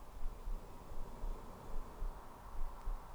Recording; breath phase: one breath near a microphone; exhalation